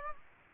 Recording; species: mosquito wingbeat signal from an infrared sensor; Aedes aegypti